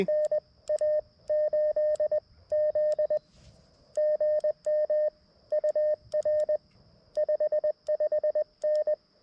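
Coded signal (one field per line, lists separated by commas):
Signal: Morse code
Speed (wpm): 21 wpm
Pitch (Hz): 1800 Hz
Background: radio noise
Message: NA8Z GM UR 55N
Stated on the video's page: CW POTA activation at a rare park using an MTR-4B with Wolf River Coils Sporty Forty coil, 213-inch whip on tripod with radials; short activation, iffy weather.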